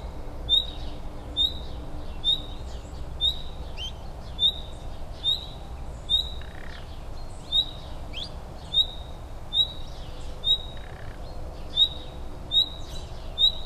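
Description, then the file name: Common nightingale calls, a short whistled note with an upward flick, repeated steadily a bit more than once a second, over a low rumbling background hum and faint other chirps. "Luscinia megarhynchos"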